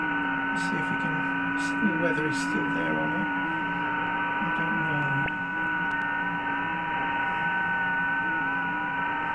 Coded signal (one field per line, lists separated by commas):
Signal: FT8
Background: speech